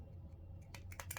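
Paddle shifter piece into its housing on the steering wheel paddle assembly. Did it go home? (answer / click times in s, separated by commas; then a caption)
yes / 1.1 s. A plastic paddle shifter piece for a C8 Corvette (Stingray, Z06, E-Ray) is pressed down on its sides and slid over so its guide pieces and notches lock into the holes in its housing on the steering wheel paddle assembly. After a low steady hum, a cluster of sharp plastic clicks comes from about 0.7 s onward, and the piece clicks into place at 1.1 s. The paddle shifter is fully assembled.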